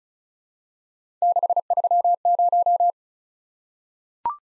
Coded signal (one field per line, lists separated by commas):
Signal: Morse code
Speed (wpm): 36 wpm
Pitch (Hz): 700 Hz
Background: none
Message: 630